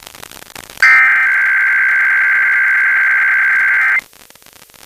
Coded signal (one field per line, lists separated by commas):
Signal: Emergency Alert System (SAME) tones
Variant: header bursts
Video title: IPAWS Weekly Test (1/31/22)(EAS 1066)